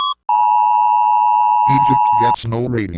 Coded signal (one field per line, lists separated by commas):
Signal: Emergency Alert System (SAME) tones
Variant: 853 and 960 Hz attention tone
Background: speech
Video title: Rating EAS Alarms From Different Countries.